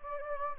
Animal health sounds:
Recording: mosquito wingbeat signal from an infrared sensor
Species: Anopheles gambiae

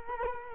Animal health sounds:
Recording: mosquito wingbeat signal from an infrared sensor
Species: Culex quinquefasciatus

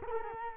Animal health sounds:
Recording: mosquito wingbeat signal from an infrared sensor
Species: Culex quinquefasciatus

